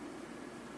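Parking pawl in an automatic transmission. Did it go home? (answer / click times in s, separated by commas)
no / none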